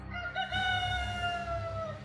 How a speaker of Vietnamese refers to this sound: Tôi không sao ngủ được nữa, chỉ đành ngồi dựa lưng vào tường, chờ tiếng gà trống gáy và tiếng chim hót líu lo bên ngoài báo hiệu trời sáng.